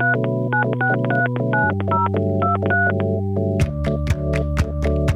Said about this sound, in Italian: Quindi ho preso il cellulare e ho fatto il suo numero.